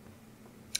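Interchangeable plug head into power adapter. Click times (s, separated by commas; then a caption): 0.8 s. A plastic interchangeable plug head is refitted onto the power adapter of a Sonoff L1 LED strip kit, with only a faint low hum beforehand. A single sharp, bright click at 0.8 s marks the plug head snapping back into place, seated.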